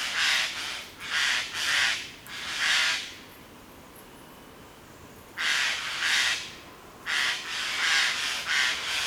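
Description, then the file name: Eurasian jay rasping screeches, a run of several harsh bursts, a silent gap of about two seconds, then another series of grating calls. "Garrulus glandarius"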